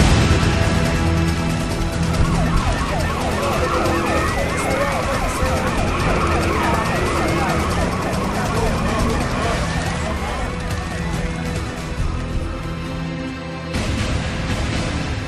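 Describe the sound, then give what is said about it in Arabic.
Fire engine sirens, of fire crews responding to a car burning in a house's storeroom, wail loudly and continuously, their rising and falling tones overlapping in a dense tangle over a steady rumble of engines and road noise, cutting off briefly near the end. “زي ما خططت يا حج، السيارة اللي في الحاصل انحرقت هي والحاصل، ولولا المطاف يا حج انحرقت الدار كلها.”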